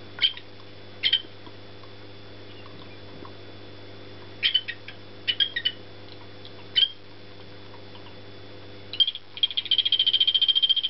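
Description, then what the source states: Golfodulcean poison frog calling, several brief high pulsed bursts spread out, then a sustained rapid trill starting near the end. Calling male.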